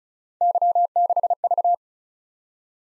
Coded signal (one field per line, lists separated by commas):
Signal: Morse code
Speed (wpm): 36 wpm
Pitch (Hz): 700 Hz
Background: none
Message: Y6V